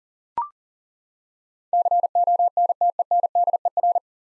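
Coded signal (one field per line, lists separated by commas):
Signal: Morse code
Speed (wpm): 40 wpm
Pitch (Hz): 700 Hz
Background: none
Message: CONTENDER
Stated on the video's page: Morse practice of nine-letter words at 40 wpm, each sent, then spoken, then sent again.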